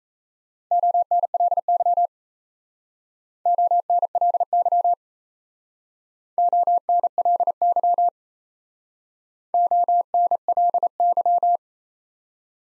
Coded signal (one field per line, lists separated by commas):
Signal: Morse code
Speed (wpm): 35 wpm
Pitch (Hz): 700 Hz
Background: none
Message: ONLY ONLY ONLY ONLY